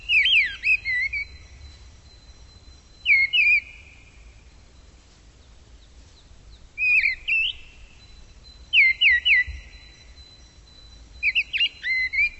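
Bird giving bursts of quick, high whistled notes, some rising and looping, separated by pauses of a few seconds.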